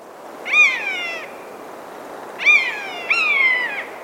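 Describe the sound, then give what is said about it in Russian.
A common buzzard gives three plaintive, mewing calls, each a high, drawn-out whine that slides downward; the last two come in quick succession after a pause. No one speaks. “И вот конюк, на самом деле, один из тех видов, которые, мне кажется, очень даже удобно отличать по голосу.”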